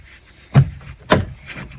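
A screwdriver pushes a metal spring clip back onto the door handle mechanism of a Ford Fiesta Mk3 to fix a rattling handle, and two sharp metallic hits ring out at about 0.6 and 1.1 seconds. The clip springs off and flies away to the other side of the garage instead of snapping on, so nothing has seated or clicked yet.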